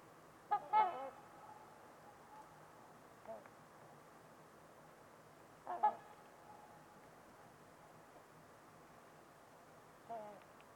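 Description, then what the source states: Trumpeter swan honks every few seconds, resonant horn-like calls over faint steady background noise. Trumpeter swans on a winter evening at Winters Lake in a deep, silent valley, with distant white noise.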